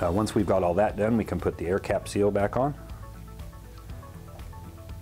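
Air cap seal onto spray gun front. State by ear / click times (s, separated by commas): not seated / none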